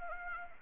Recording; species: mosquito wingbeat signal from an infrared sensor; Anopheles arabiensis